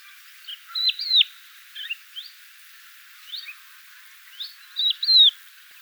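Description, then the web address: Crested lark calls: clear slurred whistles, rising then falling, given in short bursts with gaps between them. "galerida cristata call"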